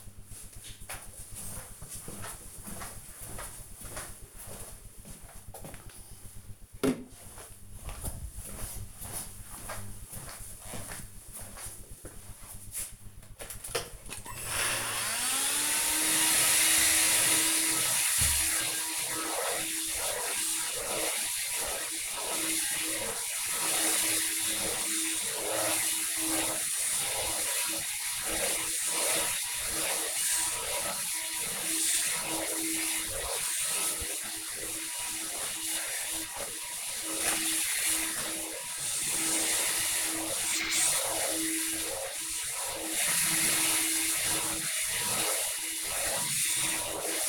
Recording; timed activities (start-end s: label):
household activities, microphone on the right wrist
12.39-47.29 s: vacuum cleaning